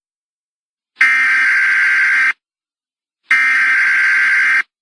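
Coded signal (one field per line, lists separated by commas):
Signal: Emergency Alert System (SAME) tones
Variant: header bursts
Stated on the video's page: Fictional EAS mini scenario; not a real alert.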